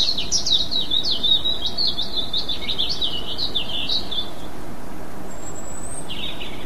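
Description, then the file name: European robin song: a long string of rapid, wavering high notes lasting about four seconds, then one thin drawn-out very high whistle and a short lower note, over a low steady rumble. "rouge gorge"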